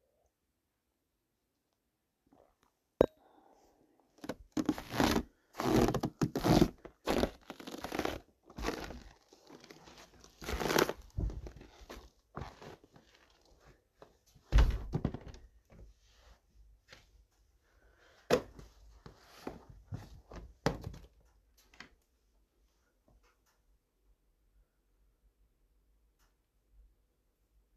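Steps on wooden floors come as quick clusters of sharp knocks, creaks and crinkling thuds, starting after a single hard knock near three seconds and bunching densely around 5–8, 10–11, 14–15 and 18–21 seconds. After about 22 seconds it falls nearly silent, with one faint tick near the end.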